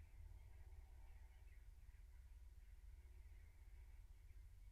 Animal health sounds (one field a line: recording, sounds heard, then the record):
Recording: poultry house recording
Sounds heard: no chicken sound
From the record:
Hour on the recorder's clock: 15